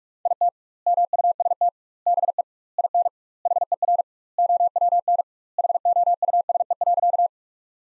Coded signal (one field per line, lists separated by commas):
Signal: Morse code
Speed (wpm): 41 wpm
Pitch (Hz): 700 Hz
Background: none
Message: IT MUST BE IN HER OWN HOUSE.